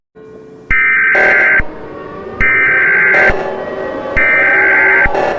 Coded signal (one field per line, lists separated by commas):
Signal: Emergency Alert System (SAME) tones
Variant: header bursts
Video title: EAS scenario 8: among us